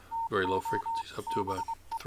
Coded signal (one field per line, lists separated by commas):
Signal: Morse code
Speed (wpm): 23 wpm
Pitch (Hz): 910 Hz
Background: speech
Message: TO BE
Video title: RS-BA1 using CwGet with Better Signals